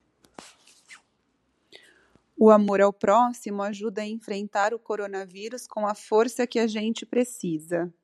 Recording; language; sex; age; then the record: spoken sentence; Brazilian Portuguese; female; 30 to 39 years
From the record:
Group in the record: control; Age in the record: 38 years